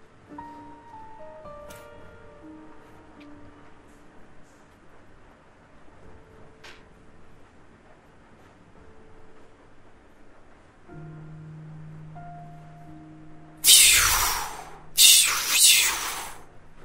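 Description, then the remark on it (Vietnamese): Steady hiss of heavy rain falling outdoors, picked up during a recording, runs faintly under tonal, voice-like sounds, then swells into two loud, rushing bursts of noise near the end. “Chính vì vậy mà mình thu thì có lẫn cả tiếng mưa ồn ồn nữa.”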